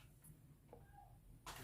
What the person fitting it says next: snaps back in place very easily